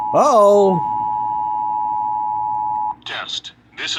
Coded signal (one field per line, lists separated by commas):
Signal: Emergency Alert System (SAME) tones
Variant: 853 and 960 Hz attention tone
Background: speech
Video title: CCRANE CC SKYWAVE RADIO REVIEW